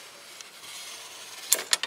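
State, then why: Seated. With the main body of an Airstream awning arm pushed and its locking pin pulled out to raise the arm, a steady low hiss runs under a faint tick near 0.4 s. The spring pin then snaps into the rafter arm's next detent with a sharp click at 1.5 s, followed by two more quick metallic clicks just after. The pin is seated in the detent position.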